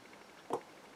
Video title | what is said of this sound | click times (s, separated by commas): TITEN BULD PART 2 | there don't know if you made that click but i bloody well did | 0.5 s